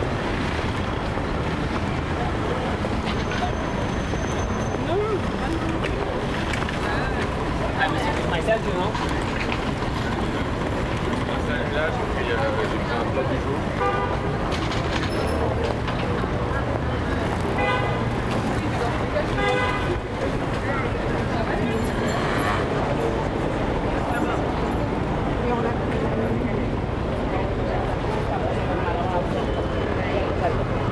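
A busy Paris street scene with constant crowd chatter, passing traffic rumbling low, occasional short horn toots and clatter, dense and steady throughout.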